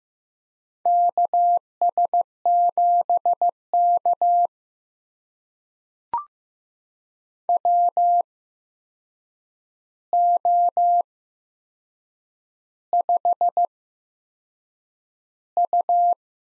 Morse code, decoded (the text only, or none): KS7K WO5U